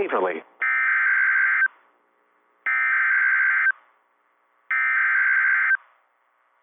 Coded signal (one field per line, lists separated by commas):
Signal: Emergency Alert System (SAME) tones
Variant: header bursts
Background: speech